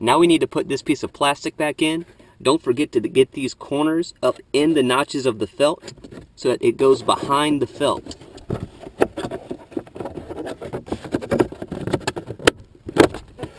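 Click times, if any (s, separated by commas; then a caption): 12.5 s. On a 2006 Lexus IS350, after the cabin air filter tray is replaced, the plastic cover panel behind the glove box is put back into the glove box opening with its corners tucked behind the felt notches, then pressed down while someone talks. Handling and rustling sounds follow with several sharp knocks, and the panel clicks into place at 12.5 s.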